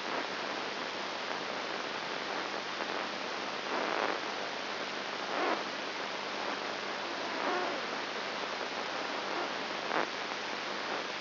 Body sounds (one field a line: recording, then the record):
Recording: brain microelectrode recording played as sound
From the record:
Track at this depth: inside the subthalamic nucleus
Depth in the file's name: 0.906 mm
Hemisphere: left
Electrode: 3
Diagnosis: Parkinson's disease